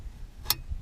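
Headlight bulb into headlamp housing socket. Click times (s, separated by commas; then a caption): 0.5 s. A second headlight bulb on a 2012–2016 Chevy Sonic is turned clockwise into the plastic headlamp housing socket. It seats with one sharp, bright click at 0.5 s over a faint low rumble. The bulb is clicked in place.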